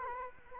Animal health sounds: mosquito wingbeat signal from an infrared sensor; Culex quinquefasciatus

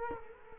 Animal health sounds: mosquito wingbeat signal from an infrared sensor; Culex quinquefasciatus

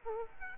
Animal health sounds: mosquito wingbeat signal from an infrared sensor; Aedes aegypti

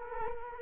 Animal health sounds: mosquito wingbeat signal from an infrared sensor; Culex quinquefasciatus

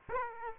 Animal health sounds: mosquito wingbeat signal from an infrared sensor; Aedes aegypti

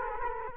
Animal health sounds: mosquito wingbeat signal from an infrared sensor; Culex quinquefasciatus

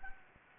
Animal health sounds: mosquito wingbeat signal from an infrared sensor; Anopheles gambiae

